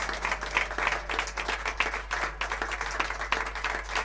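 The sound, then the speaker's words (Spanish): An audience applauds steadily, with many hands clapping in a dense, crackling wash that holds at an even, moderate loudness for about four seconds without dying away, applause for Leonardo Rodríguez as he is credited at a show at La Duna. “Leonardo Rodríguez, otro aplauso.”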